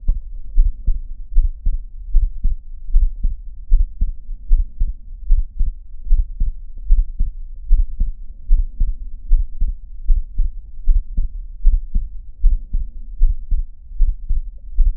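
Regular low-pitched thumps repeat at about 76 beats a minute over a steady low hum, the familiar lub-dub pattern of an adult's heart sounds heard through a stethoscope. No clear added murmur stands out above the beats.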